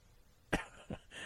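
Two quick, sharp coughs less than half a second apart, a brief throat-clearing cough from an adult man with a cold, with a runny nose, sneezing and an irritated throat.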